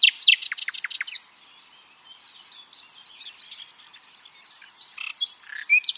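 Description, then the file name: Common nightingale song opening with a fast series of loud repeated chirps, then a quieter stretch of soft varied twitters before more loud notes return. "Luscinia megarhynchos"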